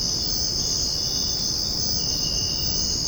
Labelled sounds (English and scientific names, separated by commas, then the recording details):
none
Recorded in secondary vegetation near Puerto Asís, Putumayo, Colombia, on 9 March 2025 at 05:30
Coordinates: 0.481, -76.318
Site G097